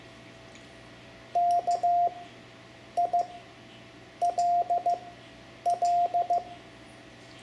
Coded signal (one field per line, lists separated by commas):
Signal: Morse code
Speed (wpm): 15 wpm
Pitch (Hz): 700 Hz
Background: none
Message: KILL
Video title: Learning CW for Ham Radio (Lesson 3) Morse Code letters I-L, Amateur Radio